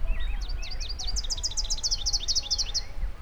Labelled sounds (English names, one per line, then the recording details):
Rufous-capped Warbler song
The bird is a male
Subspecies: rufifrons
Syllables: 27
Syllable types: 5
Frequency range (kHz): 2.4-7.2 kHz
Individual UJ-R12-M